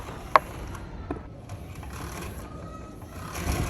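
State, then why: Released. The extended retractable power cord in a portable dryer's cord reel is pulled down past the ratchet until it no longer clicks, then let go. A loud snap is heard at 0.4 s as the reel retracts, followed by faint knocks over a low background hiss. The ratchet releases and the cord retracts.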